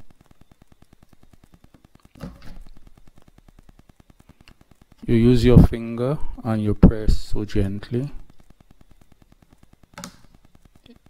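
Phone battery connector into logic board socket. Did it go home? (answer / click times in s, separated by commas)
yes / 10.0 s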